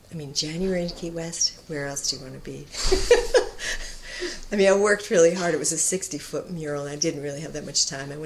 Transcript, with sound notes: I mean January in Key West, where else would you want to be? [laughs] I mean I worked really hard, it was a sixty foot mural and I didn't really have that much time.